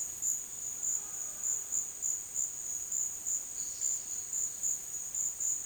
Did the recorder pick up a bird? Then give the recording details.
no. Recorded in dense forest near Puerto Asís, Putumayo, Colombia, on 22 June 2025 at 13:00. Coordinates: 0.484, -76.325. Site H65